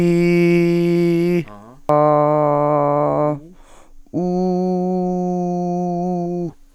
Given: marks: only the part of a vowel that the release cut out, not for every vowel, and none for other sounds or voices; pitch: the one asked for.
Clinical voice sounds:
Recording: sustained vowels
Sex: female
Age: 50 to 59 years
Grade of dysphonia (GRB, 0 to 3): 1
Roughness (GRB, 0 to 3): 0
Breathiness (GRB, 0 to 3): 0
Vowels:
0.00-1.28 s: vowel /i/, normal pitch
2.01-3.16 s: vowel /a/, normal pitch
4.39-6.24 s: vowel /u/, normal pitch
From the record:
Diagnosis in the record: healthy voice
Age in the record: 55 years

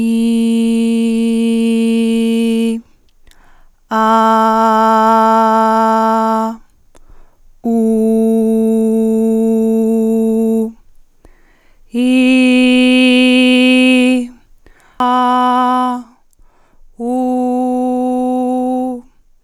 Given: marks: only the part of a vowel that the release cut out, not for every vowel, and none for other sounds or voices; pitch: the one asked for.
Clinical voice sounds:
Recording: sustained vowels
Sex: female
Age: 20 to 29 years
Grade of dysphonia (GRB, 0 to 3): 0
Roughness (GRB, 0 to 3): 0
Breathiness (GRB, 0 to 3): 0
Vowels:
0.00-2.54 s: vowel /i/, normal pitch
4.18-6.08 s: vowel /a/, normal pitch
8.05-10.45 s: vowel /u/, normal pitch
12.17-14.04 s: vowel /i/, high pitch
15.11-15.81 s: vowel /a/, high pitch
17.30-18.74 s: vowel /u/, high pitch
From the record:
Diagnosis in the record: healthy voice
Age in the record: 20 years

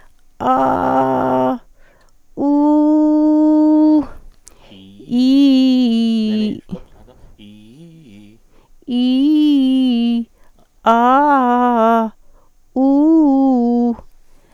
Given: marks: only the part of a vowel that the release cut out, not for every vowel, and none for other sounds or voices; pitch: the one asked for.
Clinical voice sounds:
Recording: sustained vowels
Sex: female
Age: 40 to 49 years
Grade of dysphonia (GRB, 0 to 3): 0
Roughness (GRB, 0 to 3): 0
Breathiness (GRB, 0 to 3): 0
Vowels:
0.47-1.49 s: vowel /a/, high pitch
2.43-3.85 s: vowel /u/, high pitch
8.93-10.04 s: vowel /i/, low-high-low pitch
10.91-11.88 s: vowel /a/, low-high-low pitch
12.78-13.75 s: vowel /u/, low-high-low pitch
From the record:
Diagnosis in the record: recurrent laryngeal nerve paralysis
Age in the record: 49 years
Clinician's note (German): Restparese rechts nach Strumektomie mit hyperfunktioneller Kompensation

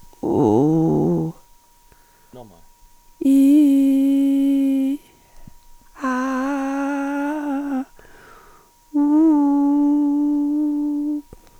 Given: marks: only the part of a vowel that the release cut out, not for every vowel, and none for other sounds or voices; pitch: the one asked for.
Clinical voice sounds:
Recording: sustained vowels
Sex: female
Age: 50 to 59 years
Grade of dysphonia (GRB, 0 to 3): 2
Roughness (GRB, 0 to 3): 0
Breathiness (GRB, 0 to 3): 2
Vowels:
0.41-1.13 s: vowel /u/, low pitch
3.34-4.70 s: vowel /i/, low-high-low pitch
6.16-7.58 s: vowel /a/, low-high-low pitch
9.11-10.91 s: vowel /u/, low-high-low pitch
From the record:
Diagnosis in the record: hyperfunctional dysphonia, psychogenic dysphonia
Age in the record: 54 years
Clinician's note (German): Multifaktoriell

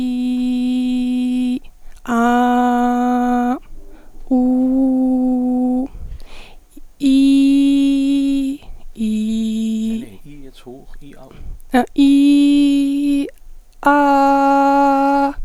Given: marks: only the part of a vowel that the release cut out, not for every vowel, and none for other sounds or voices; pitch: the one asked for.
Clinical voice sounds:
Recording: sustained vowels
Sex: female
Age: 20 to 29 years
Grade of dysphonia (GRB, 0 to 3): 1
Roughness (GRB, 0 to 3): 1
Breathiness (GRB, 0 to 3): 0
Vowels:
0.00-1.48 s: vowel /i/, normal pitch
2.24-3.48 s: vowel /a/, normal pitch
4.45-5.69 s: vowel /u/, normal pitch
7.17-8.42 s: vowel /i/, high pitch
14.05-15.16 s: vowel /a/, high pitch
From the record:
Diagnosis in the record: healthy voice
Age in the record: 20 years

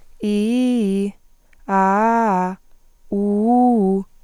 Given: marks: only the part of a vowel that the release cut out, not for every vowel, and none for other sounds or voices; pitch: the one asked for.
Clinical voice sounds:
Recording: sustained vowels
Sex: female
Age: 30 to 39 years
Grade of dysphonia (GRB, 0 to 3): 1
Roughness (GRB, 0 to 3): 1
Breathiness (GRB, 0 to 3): 0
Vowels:
0.27-1.04 s: vowel /i/, low-high-low pitch
1.73-2.46 s: vowel /a/, low-high-low pitch
3.16-3.96 s: vowel /u/, low-high-low pitch
From the record:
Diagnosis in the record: hyperfunctional dysphonia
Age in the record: 31 years

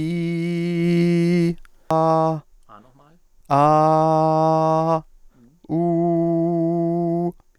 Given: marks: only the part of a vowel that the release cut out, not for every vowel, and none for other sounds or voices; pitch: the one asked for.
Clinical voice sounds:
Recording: sustained vowels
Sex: male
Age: 30 to 39 years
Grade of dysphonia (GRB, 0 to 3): 0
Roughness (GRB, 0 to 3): 0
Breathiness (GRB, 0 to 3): 0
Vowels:
0.00-1.43 s: vowel /i/, normal pitch
3.64-4.87 s: vowel /a/, normal pitch
5.77-7.19 s: vowel /u/, normal pitch
From the record:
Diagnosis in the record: healthy voice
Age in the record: 32 years

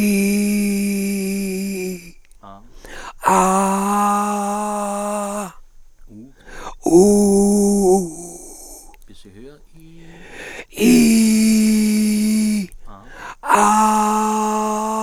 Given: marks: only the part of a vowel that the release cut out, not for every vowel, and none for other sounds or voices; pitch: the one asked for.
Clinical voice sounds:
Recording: sustained vowels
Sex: male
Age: 60 to 69 years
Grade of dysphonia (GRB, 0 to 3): 3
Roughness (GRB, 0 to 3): 2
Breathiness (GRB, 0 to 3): 3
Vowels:
0.00-1.72 s: vowel /i/, normal pitch
3.49-4.52 s: vowel /a/, normal pitch
7.04-7.83 s: vowel /u/, normal pitch
10.88-12.34 s: vowel /i/, high pitch
13.71-14.68 s: vowel /a/, high pitch
From the record:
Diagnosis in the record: cordectomy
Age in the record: 67 years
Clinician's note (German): Zustand danach, mit noch unvollständiger Kompensation; logopädische Therapie eingeleitet

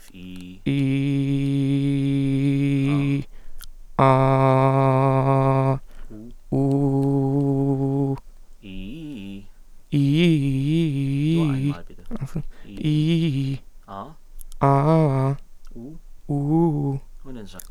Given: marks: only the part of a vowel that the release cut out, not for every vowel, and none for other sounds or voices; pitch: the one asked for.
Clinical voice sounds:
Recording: sustained vowels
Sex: male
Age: 20 to 29 years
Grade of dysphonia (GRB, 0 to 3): 0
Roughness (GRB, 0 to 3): 0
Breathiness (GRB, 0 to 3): 0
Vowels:
0.81-2.80 s: vowel /i/, low pitch
4.07-5.67 s: vowel /a/, low pitch
6.62-8.05 s: vowel /u/, low pitch
12.91-13.49 s: vowel /i/, low-high-low pitch
14.67-15.28 s: vowel /a/, low-high-low pitch
16.35-16.90 s: vowel /u/, low-high-low pitch
From the record:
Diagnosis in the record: healthy voice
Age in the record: 20 years

